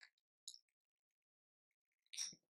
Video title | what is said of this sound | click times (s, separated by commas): Estee Lauder LIP REPAIR POTION REVIEW | don't know if you guys were able to hear that, but you can literally hear it snap close. | 0.5 s, 2.1 s